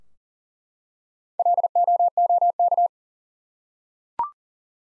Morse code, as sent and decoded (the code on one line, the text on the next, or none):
.-.. --- --- -.-
LOOK